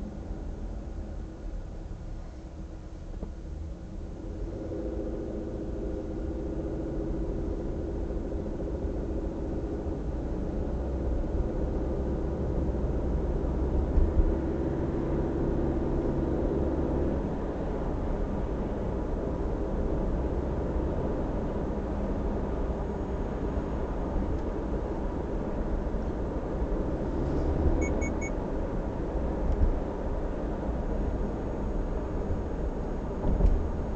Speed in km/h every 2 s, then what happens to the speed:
6, 8, 19, 28, 37, 45, 52, 59, 61, 62, 62, 60, 61, 65, 63, 60, 57.
0-15 speeds up to 61. 15-27 steady at about 61. 27-34 slows to 57.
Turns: none.